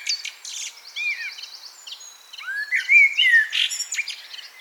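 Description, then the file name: Common blackbird song with soft whistles and scratchy high twitters, then a louder clear fluted phrase gliding down. "Turdus merula"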